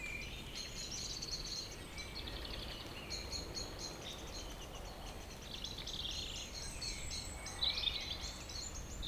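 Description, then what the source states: Birds in chorus, one repeating short notes in rhythmic runs while others chirp and twitter high above a continuous low rumble. Village birds singing in Tregastel bourg, Pleumeur-Bodou, France, around 8 pm on a humid April 2019 evening; recorded with an MKH 8040 ORTF pair, Rycote ORTF and a Zoom H5.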